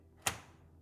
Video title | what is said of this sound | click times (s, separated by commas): Your Next $700 Gaming PC Build for 2023! | there you go it's lined up with the topmost PCI slot it's almost ready to go in and give it a firm press and it should click in | 0.3 s